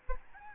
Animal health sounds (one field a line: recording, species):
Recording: mosquito wingbeat signal from an infrared sensor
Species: Aedes albopictus